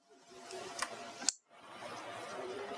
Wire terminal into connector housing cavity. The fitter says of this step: this orientation until you hear the click now